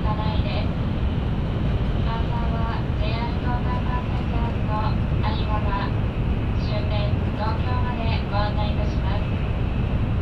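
Inside a Tokaido Shinkansen Kodama car, a steady low rumble of the train runs throughout while people talk intermittently over it.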